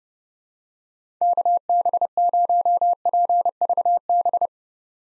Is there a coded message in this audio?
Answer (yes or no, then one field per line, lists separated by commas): yes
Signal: Morse code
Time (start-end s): 1.2-4.5 s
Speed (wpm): 30 wpm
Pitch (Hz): 700 Hz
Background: none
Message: KB0PVB